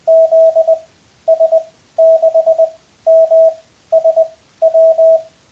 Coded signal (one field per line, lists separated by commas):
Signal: Morse code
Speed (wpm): 20 wpm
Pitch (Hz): 660 Hz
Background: radio noise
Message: ZS6MSW